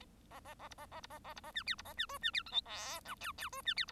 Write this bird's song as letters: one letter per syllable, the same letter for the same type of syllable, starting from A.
A A A B A A B A A B A C D B A C E C D F G H I J J E C D B